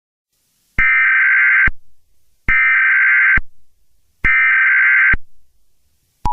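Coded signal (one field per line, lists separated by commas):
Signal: Emergency Alert System (SAME) tones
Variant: header bursts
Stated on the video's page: Fictional short EAS scenario made for entertainment; tones may be valid.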